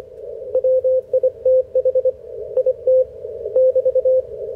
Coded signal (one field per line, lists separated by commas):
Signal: Morse code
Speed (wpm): 26 wpm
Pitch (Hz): 530 Hz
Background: radio noise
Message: WITH IT <BT>